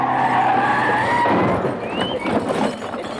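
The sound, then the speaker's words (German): A car skids with a loud, sustained tire squeal that rises in pitch, then breaks into a rough, noisy crunch of a head-on collision before fading into rumbling. “Jetzt fabriziere ich einen Frontalzusammenstoß.”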